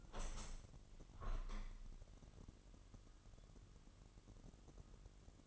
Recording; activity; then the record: daily activity, microphone in the room; open window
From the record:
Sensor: 4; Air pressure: 998.8 hPa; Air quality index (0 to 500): 126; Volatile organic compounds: 2 ppm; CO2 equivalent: 1234 ppm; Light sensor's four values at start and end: 9/21/8/9 and 9/21/8/9